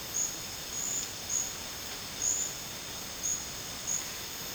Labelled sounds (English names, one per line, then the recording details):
none
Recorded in dense forest near Puerto Asís, Putumayo, Colombia, on 8 March 2025 at 13:30
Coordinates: 0.486, -76.317
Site G053